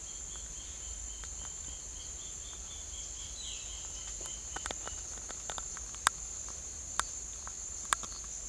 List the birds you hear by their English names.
Roadside Hawk